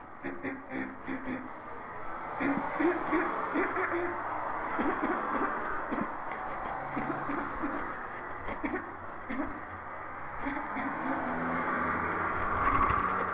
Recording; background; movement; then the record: throat clearing; traffic; walking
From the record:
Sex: female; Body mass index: 36.4 kg/m2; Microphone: on the chest, facing the body